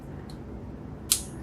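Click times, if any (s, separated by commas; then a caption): 0.3 s, 1.1 s. A JST-XH metal pin sits in the jaws of a PR-3254/SN-28B ratcheting crimp tool as the handles are closed slowly. A faint ratchet click comes at 0.3 s and a much sharper, louder click at 1.1 s. After the two clicks, the pin is held in place but not yet crimped.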